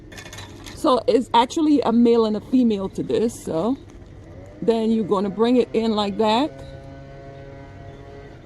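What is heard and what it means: Male and female plastic grommet halves are brought together and lined up on drop-cloth curtain fabric, ready to be squeezed home. Someone talks throughout, with a couple of faint handling sounds near the start. Nothing has clicked or snapped into place yet.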